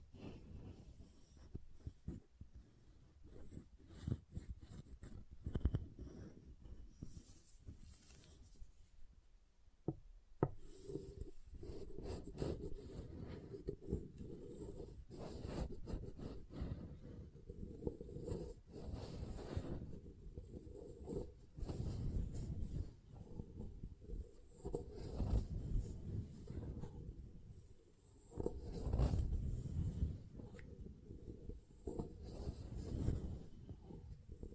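Soft and hard soap being tapped and carved, with scraping strokes and frequent light taps, busiest with dense scratching between 10 and 32 seconds.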